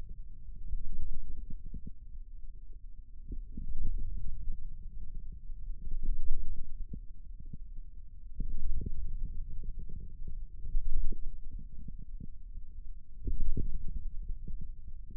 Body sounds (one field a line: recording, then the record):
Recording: forearm muscle sounds (acoustic myography)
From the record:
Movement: wrist extension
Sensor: system 2, bracelet of six BSWA MPA416 microphones around the upper forearm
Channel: 6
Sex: male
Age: 22 years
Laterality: right